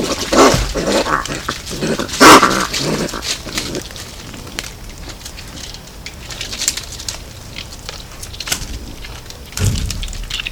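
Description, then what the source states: Raccoon growling and snarling in harsh, noisy bursts, loudest near the start and again at the end, with quieter rasping between. Angry raccoon.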